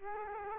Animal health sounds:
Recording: mosquito wingbeat signal from an infrared sensor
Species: Culex quinquefasciatus

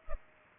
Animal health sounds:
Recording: mosquito wingbeat signal from an infrared sensor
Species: Culex pipiens

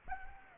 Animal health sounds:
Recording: mosquito wingbeat signal from an infrared sensor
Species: Anopheles gambiae

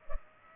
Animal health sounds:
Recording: mosquito wingbeat signal from an infrared sensor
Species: Culex pipiens

